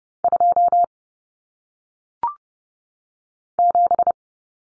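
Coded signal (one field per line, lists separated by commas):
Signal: Morse code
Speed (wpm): 30 wpm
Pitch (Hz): 700 Hz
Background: none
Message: 27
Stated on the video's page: Morse code practice of common single-digit cut numbers at 30 wpm, with T, A, N standing for 0, 1, 9, each sent, spoken, then sent again.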